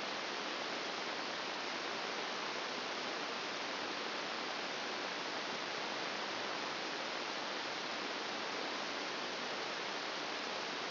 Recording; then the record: brain microelectrode recording played as sound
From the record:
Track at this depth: outside the subthalamic nucleus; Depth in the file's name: 2.773 mm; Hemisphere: left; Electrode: 2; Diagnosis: Parkinson's disease